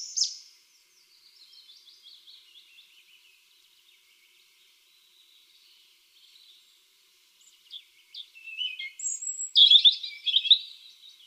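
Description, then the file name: European robin song: thin, high warbling phrases, soft and wandering at first, then louder tinkling trills and rapid twittering near the end. "Erithacus rubecula"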